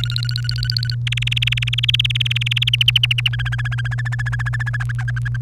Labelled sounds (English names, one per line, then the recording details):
Domestic Canary song
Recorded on 1 May 2018 at 14:37
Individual llb3